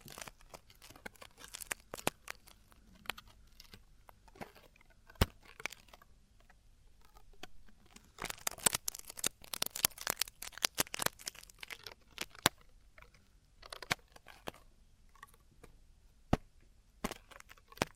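Traditional Chinese ear cleaning: sharp scratchy clicks and crinkly scraping come in irregular bursts, densest around nine to eleven seconds, with quieter gaps.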